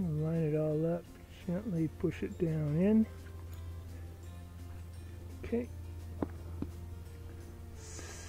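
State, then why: Seated. Someone talks while a replacement rubber diaphragm and spring assembly is gently pushed down into a lawn sprinkler valve body to fix a slow leak, over a steady low hum. Two small sharp clicks come at 6.2 s and 6.6 s as the assembly clicks into place and sits down, seated.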